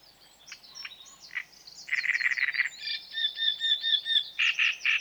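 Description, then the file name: Great reed warbler song, squeaky notes leading into loud grating croaks repeated in quick series, then whistled and harsh phrases alternating. "Grotekarekiet"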